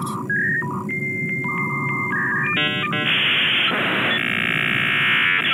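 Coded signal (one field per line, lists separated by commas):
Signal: dial-up modem handshake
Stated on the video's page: Modem handshake and trunk signalling tones heard in a self-made 1980s-era hacking game, demoed in an impromptu stream.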